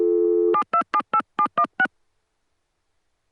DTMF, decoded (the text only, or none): 7278716